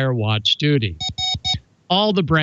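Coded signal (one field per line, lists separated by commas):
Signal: none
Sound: show transition jingle beeps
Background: speech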